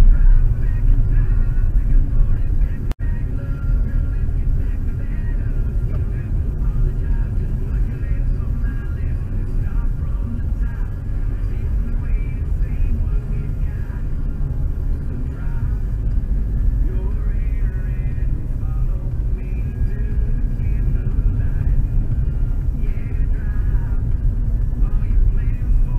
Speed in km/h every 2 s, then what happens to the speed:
42, 43, 45, 46, 46, 46, 46, 46, 45, 46, 48, 49, 46.
0-26 steady at about 46.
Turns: none.